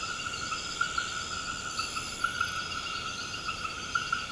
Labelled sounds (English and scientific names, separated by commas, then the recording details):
none
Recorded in pastures near Puerto Asís, Putumayo, Colombia, on 21 March 2025 at 21:30
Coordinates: 0.472, -76.329
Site G074